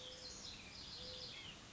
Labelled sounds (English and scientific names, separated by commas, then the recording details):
Mourning Dove (Zenaida macroura)
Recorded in Sonoma County, California